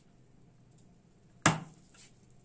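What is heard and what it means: During reassembly of an ASUS GeForce GTX 1060 Turbo 6G graphics card, the plastic connector of the cooler fan cable is pushed into its fan header on the board. After a quiet stretch, a single loud, sharp click sounds at 1.5 s and decays quickly, followed by a faint, softer noise around 2.0 s. The fan connector is seated.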